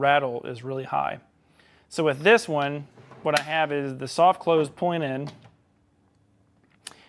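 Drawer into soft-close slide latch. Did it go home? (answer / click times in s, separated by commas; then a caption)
yes / 6.9 s. An empty drawer is pushed shut against its soft-close slide mechanism. Someone talks for most of the clip, then after a quiet stretch the latch gives a sharp click at 6.9 s. The click shows the drawer is fully shut.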